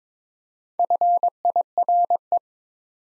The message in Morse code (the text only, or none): FIRE